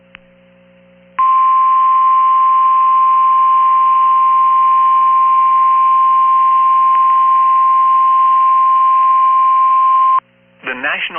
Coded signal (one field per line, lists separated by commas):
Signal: Emergency Alert System (SAME) tones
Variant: 1050 Hz attention tone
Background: speech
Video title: BACK TO BACK VIRGNIA SEVERE THUNDERSTORM WARNING EAS ALERTS FROM MANASSAS VIRGINIA NOAA WEATHER RADI